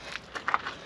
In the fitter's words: so you've got to make sure when you close it, click it,